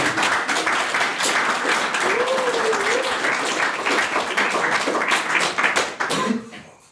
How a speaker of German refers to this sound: Kleinen Applaus vielleicht.